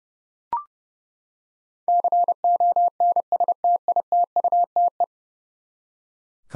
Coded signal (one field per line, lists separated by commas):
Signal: Morse code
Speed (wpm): 30 wpm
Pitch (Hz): 700 Hz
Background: none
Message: CONSTITUTE